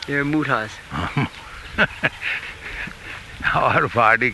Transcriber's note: laughs